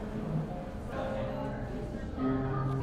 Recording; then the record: background sound without coughing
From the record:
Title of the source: 60 minutes of coffee shop sounds for study and concentration